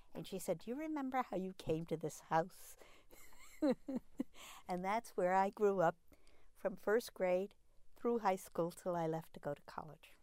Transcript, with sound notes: And she said, "Do you remember how you came to this house?" (she laughs) And that's where I grew up from first grade through high school until I left to go to college.